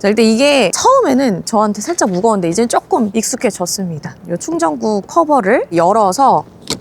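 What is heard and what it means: Someone talks while holding a heavy EV charging cable connector at a Porsche electric car and getting ready to open the car's charge port cover to plug it into the charging port. Speech fills the clip, and the connector has not yet clicked or seated in the port.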